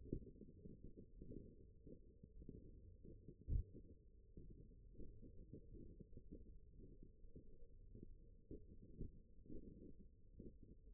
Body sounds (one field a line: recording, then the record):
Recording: forearm muscle sounds (acoustic myography)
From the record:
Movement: thumb flexion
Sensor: system 1, eight BSWA MPA416 microphones around the upper forearm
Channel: 7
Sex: female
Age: 21 years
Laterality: right